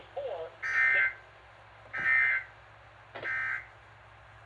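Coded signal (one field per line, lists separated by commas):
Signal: Emergency Alert System (SAME) tones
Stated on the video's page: Flash flood warning received on a BCD996P2 scanner from six stations.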